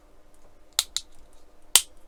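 Two plastic parts, 23A and 23C, of an Agora AH-64 Apache model helicopter are pushed together, the plastic engine nacelle part going into its mating part on a push-fit connection with a couple of pegs. Sharp, bright clicks land at 0.8 s and 1.8 s, with a softer tick at 1.0 s between them. The parts seat into a joint that is really solid and won't need glue.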